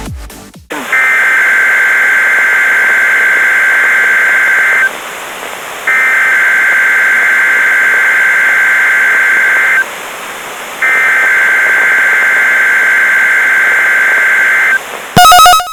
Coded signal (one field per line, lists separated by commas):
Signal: Emergency Alert System (SAME) tones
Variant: header bursts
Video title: THE 2 ALERTS OF 8/28/19 0- EAS 229 AND 230